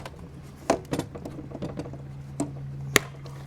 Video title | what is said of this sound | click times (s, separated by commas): WORX 40V Cordless Leaf Blower and Vacuum WG583E Review | Okay, and it's clipped into position, and now that's ready to go. | 3.0 s